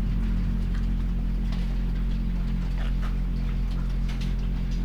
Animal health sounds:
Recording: poultry house recording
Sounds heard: sick chickens (respiratory disease)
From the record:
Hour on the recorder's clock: 21

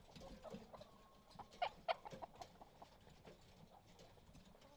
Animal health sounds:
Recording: poultry house recording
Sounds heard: healthy chickens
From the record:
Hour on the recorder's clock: 22

